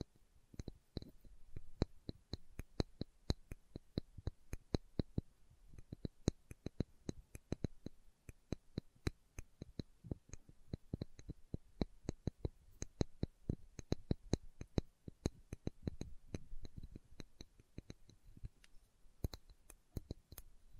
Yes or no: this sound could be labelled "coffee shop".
no